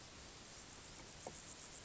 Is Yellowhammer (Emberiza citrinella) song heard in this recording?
no